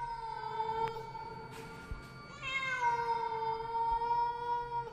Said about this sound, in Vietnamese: thì bất giác có tiếng con mèo kêu lên, nghe rát cả ruột.